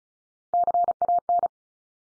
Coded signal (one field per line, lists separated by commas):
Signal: Morse code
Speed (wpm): 34 wpm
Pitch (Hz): 700 Hz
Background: none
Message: CAN